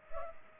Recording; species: mosquito wingbeat signal from an infrared sensor; Culex pipiens